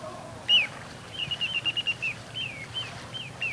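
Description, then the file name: Little ringed plover calls: one loud descending whistle, then a quick run of short, clipped whistled notes and a few softer downslurred peeps. "Corriere Piccolo"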